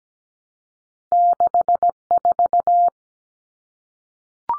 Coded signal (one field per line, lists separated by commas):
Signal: Morse code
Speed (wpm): 17 wpm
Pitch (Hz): 700 Hz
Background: none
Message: 64